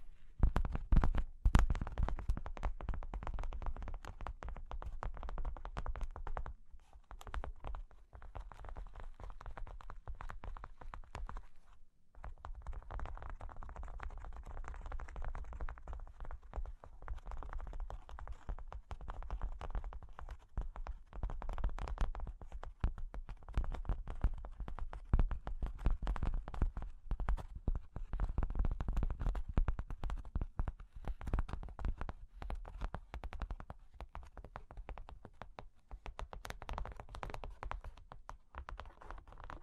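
Cork and wood are tapped, scratched and traced in a dense, continuous stream of small clicks and rustles, briefly pausing near twelve seconds.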